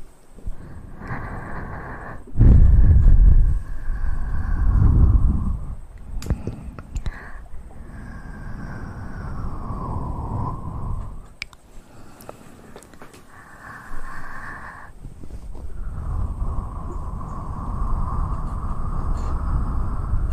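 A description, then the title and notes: Mouth sounds: breathy hums and airy blowing with two loud low puffs around two and five seconds, plus scattered clicks and smacks. ASMR Best Mouth Sounds.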